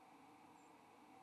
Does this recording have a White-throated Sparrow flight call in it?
yes